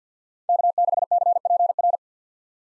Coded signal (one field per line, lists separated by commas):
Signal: Morse code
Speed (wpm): 49 wpm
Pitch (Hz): 700 Hz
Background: none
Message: K6CPR